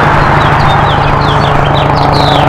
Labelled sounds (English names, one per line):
House Finch song